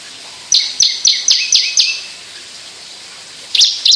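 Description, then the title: Javan bush lark song: a string of six sharp, descending chirps about four per second, a pause, then two more high notes. Sundul langit, the skyward song flight. "Branjangan Sundul Langit 3"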